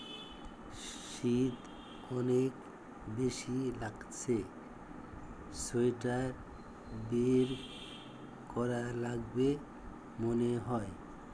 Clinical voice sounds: elicited speech; Bengali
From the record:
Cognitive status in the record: dementia

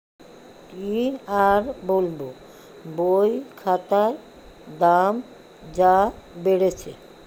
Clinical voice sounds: elicited speech; Bengali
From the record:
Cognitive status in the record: dementia

